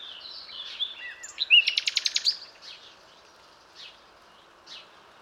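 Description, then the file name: Common nightingale song phrase: a few whistled notes lead into a fast, loud rattling series of about eight clicks, followed by a few softer chirps. "Luscinia megarhynchos"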